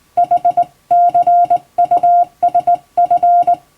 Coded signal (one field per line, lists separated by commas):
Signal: Morse code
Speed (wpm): 21 wpm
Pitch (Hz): 700 Hz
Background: none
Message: HCUSF